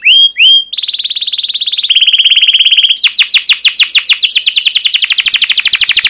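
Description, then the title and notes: Canary song opening with upward whistles, then fast even trills that change pitch before breaking into a long series of steeply descending sweeping notes. Caged canary song used as a lure and master recording to train young canaries to learn sounds; described as chirping and rolling with long, lively emotional singing. "CUIT CUIT NGEROL LANGSUNG GACOR PANJANG Kenari Ini AMPUH Utk Pancingan KENAR. PANCINGAN Kenari GACOR PANJANG Cuit CUIT EMOSI ini AMPUH utk MASTERAN Kenari PAUD belajar BUNYI. burung kenari"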